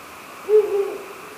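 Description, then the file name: Ural owl hooting, a low steady hoot that breaks into a second longer, softer note, the pair lasting under a second against faint background hiss. "fukuro"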